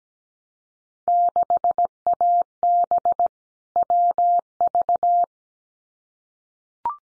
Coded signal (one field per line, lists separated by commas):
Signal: Morse code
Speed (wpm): 17 wpm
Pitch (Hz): 700 Hz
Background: none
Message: 6AB WV